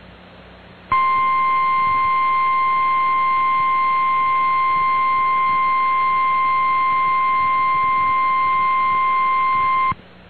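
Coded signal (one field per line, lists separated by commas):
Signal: Emergency Alert System (SAME) tones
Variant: 1050 Hz attention tone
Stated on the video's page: Tornado Warning for Brunswick County, North Carolina, received on NOAA Weather Radio.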